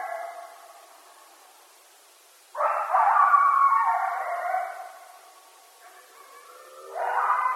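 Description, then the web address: Coyote group howling: a fading cry, a pause, then a sudden loud chorus of wavering howls, another lull, and a fresh loud burst near the end. Several coyotes recorded on 1 October 2012. "Coyote 2012 10 01 Coyotes"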